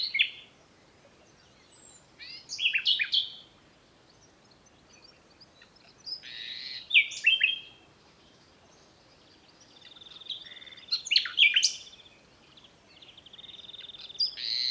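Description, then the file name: Common nightingale song, varied phrases of whistles and rapid trills every few seconds, with short silences between bursts. "Luscinia megarhynchos"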